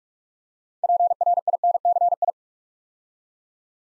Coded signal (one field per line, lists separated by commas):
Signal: Morse code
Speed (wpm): 44 wpm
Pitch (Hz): 700 Hz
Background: none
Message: PRINCI